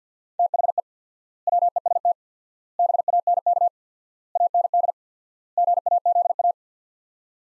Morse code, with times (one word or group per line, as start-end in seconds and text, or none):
0.4-0.8 THE
1.5-2.1 WEST
2.8-3.7 BANK
4.4-4.9 AND
5.6-6.5 GAZA